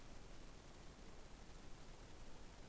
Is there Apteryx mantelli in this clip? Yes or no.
no